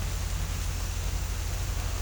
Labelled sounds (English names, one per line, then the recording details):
none
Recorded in pastures near Puerto Asís, Putumayo, Colombia, on 21 December 2024 at 07:30
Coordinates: 0.466, -76.322
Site G040